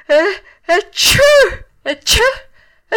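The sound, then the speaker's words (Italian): A man's voice acts out a run of sneezes for the character Mangiafoco in a Pinocchio story: short breathy intakes building into loud, sharp, high-pitched bursts, three more sneezes one after another with brief pauses, no words spoken. “E fece altri tre starnuti.”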